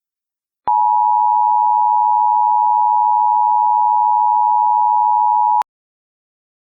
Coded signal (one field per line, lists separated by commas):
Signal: Emergency Alert System (SAME) tones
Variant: 853 and 960 Hz attention tone